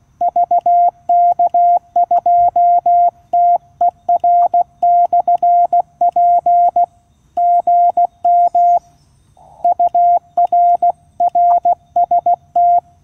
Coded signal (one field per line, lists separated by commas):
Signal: Morse code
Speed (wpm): 16 wpm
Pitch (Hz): 700 Hz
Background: none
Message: VK2TER/P GM UR RST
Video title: Unsuccessful SOTA activation due to QSB and rain - QRP CW using QCX-mini - Mt Elliot (VK2/HU-093)